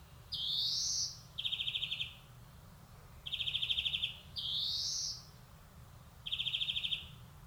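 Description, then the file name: European greenfinch mixing long nasal rising wheezes with rapid dry trills. "Chloris chloris"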